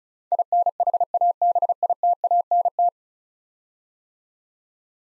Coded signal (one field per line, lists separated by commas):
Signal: Morse code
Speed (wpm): 34 wpm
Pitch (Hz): 700 Hz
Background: none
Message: INHABITANT